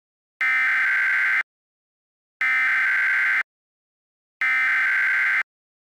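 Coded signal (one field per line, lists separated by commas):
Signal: Emergency Alert System (SAME) tones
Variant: header bursts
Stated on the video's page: Valid EAS tones in a mock reenactment of a National Weather Service tornado warning.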